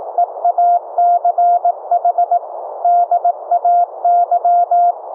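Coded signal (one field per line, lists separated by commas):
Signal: Morse code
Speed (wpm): 19 wpm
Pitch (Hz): 700 Hz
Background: none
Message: EACH DAY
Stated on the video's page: Live CW audio tones sent from a software keyboard over FRS radios, heard from a second FRS receiver through a software bandpass filter.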